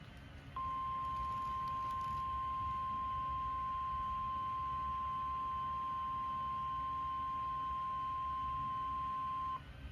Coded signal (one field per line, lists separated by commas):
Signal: Emergency Alert System (SAME) tones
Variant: 1050 Hz attention tone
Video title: (JULY 19) (EAS #114) Severe Thunderstorm Warning